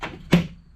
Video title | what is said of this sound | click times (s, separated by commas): Someone Stole My Kayak Gear… So I Built This | snap that back down. | 0.3 s